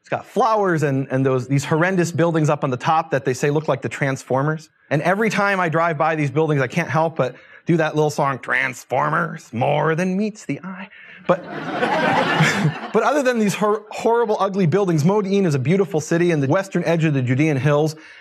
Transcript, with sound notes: It’s got flowers and these horrendous buildings up on the top that they say look like the Transformers, and every time I drive by these buildings, I can’t help but do that little song, “Transformers, more than meets the eye.” [laughter] Other than these horrible, ugly buildings, Modi’in is a beautiful city in the western edge of the Judean hills.